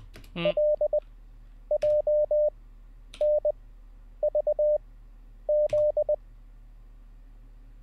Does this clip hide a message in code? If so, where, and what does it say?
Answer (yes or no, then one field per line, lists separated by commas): yes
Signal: Morse code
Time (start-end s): 0.5-6.1 s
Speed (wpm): 20 wpm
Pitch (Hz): 600 Hz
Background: none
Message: LJNVZ